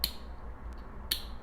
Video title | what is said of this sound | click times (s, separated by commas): Premium Nissan/Datsun Z Cars by Hot Wheels, Matchbox, and M2 Machines | and they make a very satisfying click when you close them. | 0.0 s, 1.1 s